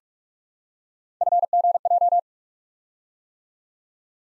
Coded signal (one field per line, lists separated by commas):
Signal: Morse code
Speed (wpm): 44 wpm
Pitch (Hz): 700 Hz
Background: none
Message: FGJ